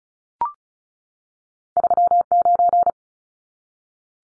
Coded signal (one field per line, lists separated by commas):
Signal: Morse code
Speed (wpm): 34 wpm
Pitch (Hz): 700 Hz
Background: none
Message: 39